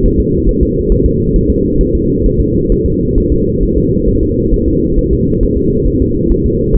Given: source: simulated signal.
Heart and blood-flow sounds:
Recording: fetal heart sounds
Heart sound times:
0.05 s: S1
0.20 s: S2
0.49 s: S1
0.63 s: S2
0.92 s: S1
1.06 s: S2
1.36 s: S1
1.50 s: S2
1.81 s: S1
1.95 s: S2
2.26 s: S1
2.41 s: S2
2.72 s: S1
2.86 s: S2
3.18 s: S1
3.32 s: S2
3.63 s: S1
3.77 s: S2
4.09 s: S1
4.23 s: S2
4.54 s: S1
4.68 s: S2
4.99 s: S1
5.13 s: S2
5.43 s: S1
5.57 s: S2
5.88 s: S1
6.02 s: S2
6.32 s: S1
6.46 s: S2
6.75 s: S1
From the record:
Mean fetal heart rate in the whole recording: 135 bpm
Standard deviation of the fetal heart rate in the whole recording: 3 bpm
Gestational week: 36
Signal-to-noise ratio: -14.7 dB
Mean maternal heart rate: 72 bpm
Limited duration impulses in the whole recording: present

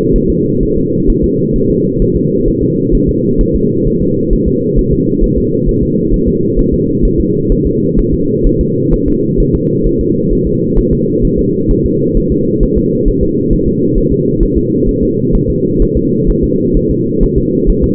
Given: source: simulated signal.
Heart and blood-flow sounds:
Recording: fetal heart sounds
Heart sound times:
0.16 s: S1
0.30 s: S2
0.63 s: S1
0.78 s: S2
1.10 s: S1
1.24 s: S2
1.56 s: S1
1.70 s: S2
2.02 s: S1
2.16 s: S2
2.48 s: S1
2.63 s: S2
2.95 s: S1
3.09 s: S2
3.41 s: S1
3.55 s: S2
3.87 s: S1
4.02 s: S2
4.33 s: S1
4.48 s: S2
4.79 s: S1
4.93 s: S2
5.24 s: S1
5.38 s: S2
5.69 s: S1
5.83 s: S2
6.14 s: S1
6.28 s: S2
6.59 s: S1
6.74 s: S2
7.05 s: S1
7.20 s: S2
7.52 s: S1
7.66 s: S2
7.99 s: S1
8.14 s: S2
8.47 s: S1
8.61 s: S2
8.94 s: S1
9.08 s: S2
9.40 s: S1
9.55 s: S2
9.87 s: S1
10.01 s: S2
10.33 s: S1
10.47 s: S2
10.79 s: S1
10.93 s: S2
11.25 s: S1
11.39 s: S2
11.71 s: S1
11.86 s: S2
12.17 s: S1
12.32 s: S2
12.63 s: S1
12.78 s: S2
13.08 s: S1
13.23 s: S2
13.53 s: S1
13.68 s: S2
13.98 s: S1
14.12 s: S2
14.43 s: S1
14.58 s: S2
14.89 s: S1
15.03 s: S2
15.35 s: S1
15.50 s: S2
15.82 s: S1
15.97 s: S2
16.30 s: S1
16.44 s: S2
16.77 s: S1
16.91 s: S2
17.23 s: S1
17.38 s: S2
17.70 s: S1
17.84 s: S2
From the record:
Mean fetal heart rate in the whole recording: 130 bpm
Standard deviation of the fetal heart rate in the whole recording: 4 bpm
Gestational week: 38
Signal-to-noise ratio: -11.2 dB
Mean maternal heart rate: 72 bpm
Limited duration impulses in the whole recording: present

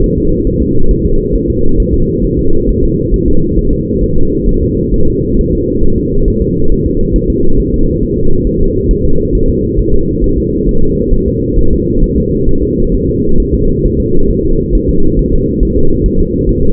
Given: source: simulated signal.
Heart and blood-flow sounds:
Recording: fetal heart sounds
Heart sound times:
0.04 s: S1
0.18 s: S2
0.47 s: S1
0.62 s: S2
0.91 s: S1
1.05 s: S2
1.35 s: S1
1.50 s: S2
1.80 s: S1
1.94 s: S2
2.24 s: S1
2.39 s: S2
2.69 s: S1
2.83 s: S2
3.14 s: S1
3.28 s: S2
3.59 s: S1
3.73 s: S2
4.03 s: S1
4.18 s: S2
4.49 s: S1
4.63 s: S2
4.94 s: S1
5.08 s: S2
5.39 s: S1
5.53 s: S2
5.83 s: S1
5.98 s: S2
6.28 s: S1
6.42 s: S2
6.72 s: S1
6.86 s: S2
7.16 s: S1
7.30 s: S2
7.59 s: S1
7.74 s: S2
8.03 s: S1
8.18 s: S2
8.47 s: S1
8.61 s: S2
8.91 s: S1
9.05 s: S2
9.35 s: S1
9.49 s: S2
9.79 s: S1
9.94 s: S2
10.24 s: S1
10.38 s: S2
10.69 s: S1
10.83 s: S2
11.14 s: S1
11.28 s: S2
11.58 s: S1
11.73 s: S2
12.04 s: S1
12.18 s: S2
12.49 s: S1
12.63 s: S2
12.94 s: S1
13.09 s: S2
13.40 s: S1
13.54 s: S2
13.85 s: S1
14.00 s: S2
14.30 s: S1
14.45 s: S2
14.75 s: S1
14.89 s: S2
15.19 s: S1
15.33 s: S2
15.63 s: S1
15.77 s: S2
16.06 s: S1
16.20 s: S2
16.49 s: S1
16.63 s: S2
From the record:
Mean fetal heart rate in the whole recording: 135 bpm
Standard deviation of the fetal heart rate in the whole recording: 3 bpm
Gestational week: 36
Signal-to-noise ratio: -19.1 dB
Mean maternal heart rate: 72 bpm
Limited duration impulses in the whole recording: present

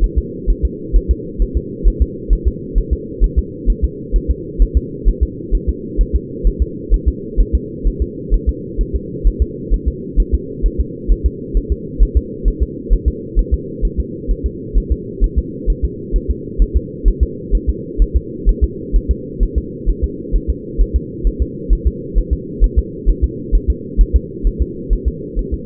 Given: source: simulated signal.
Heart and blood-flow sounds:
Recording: fetal heart sounds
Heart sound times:
0.04 s: S1
0.18 s: S2
0.50 s: S1
0.65 s: S2
0.96 s: S1
1.11 s: S2
1.42 s: S1
1.57 s: S2
1.88 s: S1
2.02 s: S2
2.33 s: S1
2.48 s: S2
2.78 s: S1
2.93 s: S2
3.24 s: S1
3.38 s: S2
3.70 s: S1
3.84 s: S2
4.16 s: S1
4.31 s: S2
4.62 s: S1
4.77 s: S2
5.09 s: S1
5.23 s: S2
5.55 s: S1
5.69 s: S2
6.01 s: S1
6.16 s: S2
6.47 s: S1
6.62 s: S2
6.94 s: S1
7.08 s: S2
7.41 s: S1
7.55 s: S2
7.87 s: S1
8.02 s: S2
8.34 s: S1
8.49 s: S2
8.81 s: S1
8.95 s: S2
9.27 s: S1
9.42 s: S2
9.74 s: S1
9.88 s: S2
10.20 s: S1
10.34 s: S2
10.66 s: S1
10.80 s: S2
11.12 s: S1
11.26 s: S2
11.57 s: S1
11.72 s: S2
12.03 s: S1
12.17 s: S2
12.48 s: S1
12.63 s: S2
12.93 s: S1
13.08 s: S2
13.39 s: S1
13.54 s: S2
13.85 s: S1
14.00 s: S2
14.31 s: S1
14.46 s: S2
14.78 s: S1
14.92 s: S2
15.24 s: S1
15.38 s: S2
15.70 s: S1
15.85 s: S2
16.16 s: S1
16.30 s: S2
16.62 s: S1
16.77 s: S2
17.08 s: S1
17.23 s: S2
17.55 s: S1
17.69 s: S2
18.02 s: S1
18.16 s: S2
18.49 s: S1
18.64 s: S2
18.96 s: S1
19.11 s: S2
19.43 s: S1
19.58 s: S2
19.90 s: S1
20.04 s: S2
20.36 s: S1
20.50 s: S2
20.81 s: S1
20.96 s: S2
21.27 s: S1
21.42 s: S2
21.73 s: S1
21.87 s: S2
22.18 s: S1
22.33 s: S2
22.64 s: S1
22.79 s: S2
23.09 s: S1
23.24 s: S2
23.55 s: S1
23.70 s: S2
24.01 s: S1
24.16 s: S2
24.47 s: S1
24.62 s: S2
24.93 s: S1
25.08 s: S2
25.39 s: S1
25.54 s: S2
From the record:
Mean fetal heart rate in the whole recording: 130 bpm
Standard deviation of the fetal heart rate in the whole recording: 2 bpm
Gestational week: 36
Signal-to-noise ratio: -4.1 dB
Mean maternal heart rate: no maternal heart sound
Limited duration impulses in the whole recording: absent

